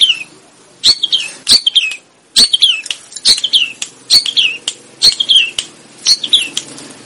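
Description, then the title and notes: Sooty-headed bulbul chirping busily in repeated phrases of high, falling notes, with frequent sharp clicks. Bird described as gacor, singing actively and persistently. "kutilang gacor"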